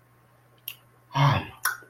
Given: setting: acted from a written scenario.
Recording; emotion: vocal sound without words; desire